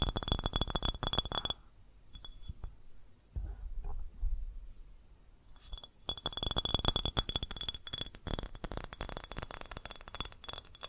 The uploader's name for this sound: Fast Tapping on GlassCeramic Objects